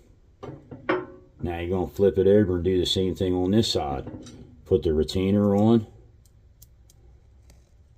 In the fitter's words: And you'll hear when it gets in the groove, hear it snap.